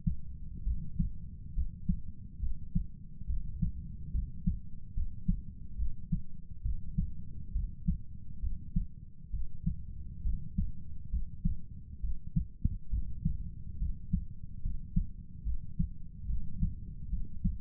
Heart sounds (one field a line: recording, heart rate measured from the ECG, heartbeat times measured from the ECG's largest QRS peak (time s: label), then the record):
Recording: heart sounds by stethoscope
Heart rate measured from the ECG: 69 bpm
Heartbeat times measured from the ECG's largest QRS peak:
0.64 s: heartbeat
1.55 s: heartbeat
2.41 s: heartbeat
3.27 s: heartbeat
4.12 s: heartbeat
4.94 s: heartbeat
5.77 s: heartbeat
6.63 s: heartbeat
7.53 s: heartbeat
8.41 s: heartbeat
9.31 s: heartbeat
10.23 s: heartbeat
11.11 s: heartbeat
12.01 s: heartbeat
12.90 s: heartbeat
13.79 s: heartbeat
14.62 s: heartbeat
15.44 s: heartbeat
16.27 s: heartbeat
17.10 s: heartbeat
From the record:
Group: healthy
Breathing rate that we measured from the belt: 19 breaths a minute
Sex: male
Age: 35 years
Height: 180 cm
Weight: 86.9 kg